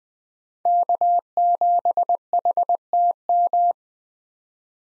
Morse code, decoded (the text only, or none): K7HTM